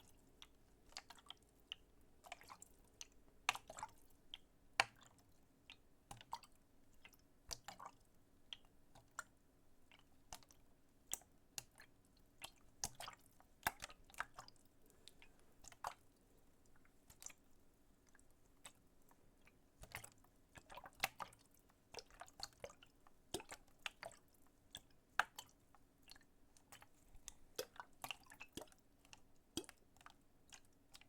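A plastic water bottle is tapped and handled in quick, irregular clicks and crinkles that run through the whole clip, several per second with brief pauses. The taps are sharp and bright. A faint, steady low hum sits underneath.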